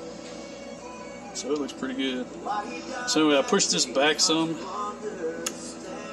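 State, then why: Seated. Someone talks while pushing back the rotor of a removed VVT cam phaser from a Toyota 2GR-FE 3.5 V6 RAV4 engine. The lock pin drops into its locking hole in the phaser housing with a short, sharp metallic click at 5.5 s, so the pin is seated.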